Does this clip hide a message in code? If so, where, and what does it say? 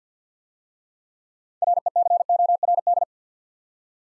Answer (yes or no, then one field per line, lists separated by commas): yes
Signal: Morse code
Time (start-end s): 1.6-3.0 s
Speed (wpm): 48 wpm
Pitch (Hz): 700 Hz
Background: none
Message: RECORD